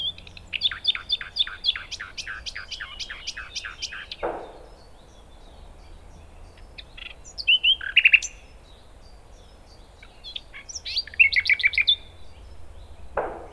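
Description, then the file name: Common nightingale song: a rapid series of repeated sharp notes, then a pause, followed by bursts of whistles and chirpy trills. "Luscinia megarhynchos"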